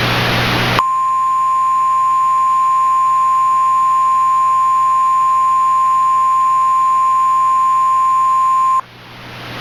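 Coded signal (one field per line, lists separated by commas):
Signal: Emergency Alert System (SAME) tones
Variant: 1050 Hz attention tone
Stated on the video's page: Fictional EAS scenario containing valid tones, not a real alert.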